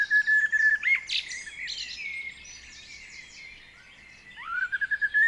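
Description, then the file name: Common blackbird giving clear whistled notes at the start and end, broken by quick chattering phrases. "Turdus merula"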